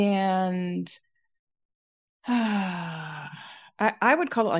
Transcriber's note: sighs